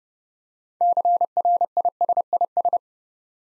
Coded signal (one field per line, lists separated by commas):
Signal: Morse code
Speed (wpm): 28 wpm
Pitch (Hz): 700 Hz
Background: none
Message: CRISIS